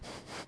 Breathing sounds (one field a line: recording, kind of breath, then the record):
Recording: one breath in and out by a microphone near the nose and mouth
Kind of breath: strong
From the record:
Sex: male